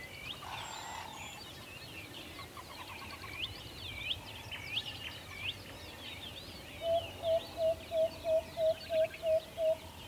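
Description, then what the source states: Owl's quick run of evenly spaced toots, near three each second, entering after several seconds of mixed songbird whistles and chirps heard throughout. Recorded in a forest.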